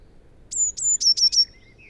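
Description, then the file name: Eurasian blue tit giving a single song phrase: two high, thin sustained notes followed by a quick run of three lower notes. "Cyanistes caeruleus"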